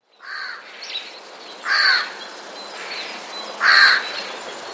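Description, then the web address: Eurasian jay giving three coarse, scratchy screeches, roughly one every two seconds, over faint background hiss. Warning call, recorded 6 February 2016. "ostrzegator sojka 06 02 2016"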